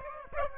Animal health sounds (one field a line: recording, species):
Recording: mosquito wingbeat signal from an infrared sensor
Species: Aedes aegypti